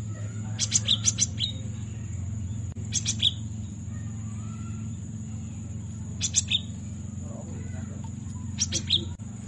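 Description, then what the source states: Cinereous Tit song: short clusters of high, sharp notes every few seconds over a steady low hum and a constant high whine. Used to tutor caged songbirds.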